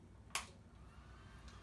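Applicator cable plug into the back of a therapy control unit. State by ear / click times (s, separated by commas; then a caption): seated / 0.4 s. A coil applicator's cable plug is pushed into the back of a therapy control unit and twisted to the right. A single sharp click at 0.4 s marks it locking into place. Only faint background noise follows, with a softer tick near 1.5 s.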